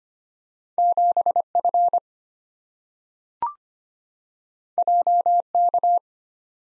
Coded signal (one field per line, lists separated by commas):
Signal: Morse code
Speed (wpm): 25 wpm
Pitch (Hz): 700 Hz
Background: none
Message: 7F JK